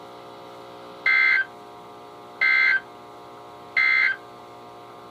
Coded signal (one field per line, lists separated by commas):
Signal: Emergency Alert System (SAME) tones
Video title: EAS #1000-#1003: Flooding in the Night | KHB36